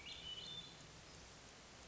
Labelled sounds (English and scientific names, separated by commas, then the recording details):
Hermit Thrush (Catharus guttatus)
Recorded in Sonoma County, California